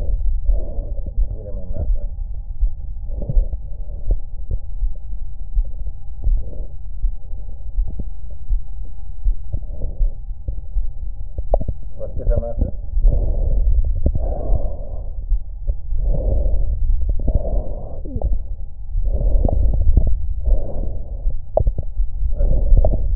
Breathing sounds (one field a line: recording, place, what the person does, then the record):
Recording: lung sounds by stethoscope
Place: right anterior apical chest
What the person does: quiet breathing, then deep breathing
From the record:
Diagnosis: COPD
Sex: female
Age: 80 years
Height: 160 cm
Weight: 62 kg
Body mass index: 24.2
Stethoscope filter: extended mode